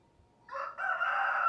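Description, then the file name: Chicken crow: the start of a rooster crow, a short syllable followed by a loud sustained harsh note that is cut off. Rooster (adult male). "Rooster Crowing Sound"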